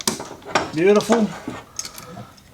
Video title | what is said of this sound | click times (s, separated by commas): DIY * Ryco Fuel Filter, Catch Can and Bracket Installation | the fuel line until we hit push it on until you hear it click beautiful | 0.1 s